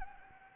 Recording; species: mosquito wingbeat signal from an infrared sensor; Anopheles arabiensis